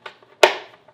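One end of a gas strut for an overhead van cabinet door is pressed onto its ball-stud mount and clips in with a sharp, bright click at 0.4 seconds that rings out and fades over about a quarter second. A faint tap comes just before it and another just after. The strut end is seated on the mount.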